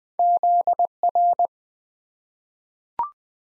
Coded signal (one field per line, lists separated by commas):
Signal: Morse code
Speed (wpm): 20 wpm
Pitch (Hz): 700 Hz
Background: none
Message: ZR